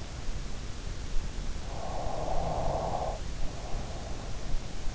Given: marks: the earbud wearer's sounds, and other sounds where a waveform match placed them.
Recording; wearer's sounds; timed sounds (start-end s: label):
sounds in sleep by an in-ear microphone; snoring breath
1.38-4.40 s: snoring breath